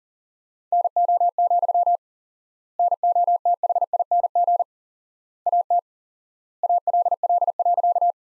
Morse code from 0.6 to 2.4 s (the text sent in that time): NO,